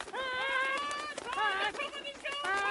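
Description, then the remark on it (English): A chicken clucking sound effect: chickens clucking and squawking in a loud, continuous run of high, drawn-out calls, broken into about three bursts with brief dips between them, with no talking over them. “In fact, unleash the chickens.”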